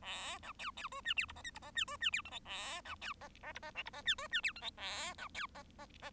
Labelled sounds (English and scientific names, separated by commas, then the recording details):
Bengalese Finch (Lonchura striata domestica) song
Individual Bird1